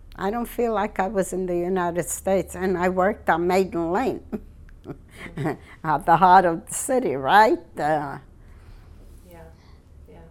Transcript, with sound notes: I don't feel like I was in the United States. And I worked on Maiden Lane. ( she laughs ) The heart of the city, right?
Yeah, yeah.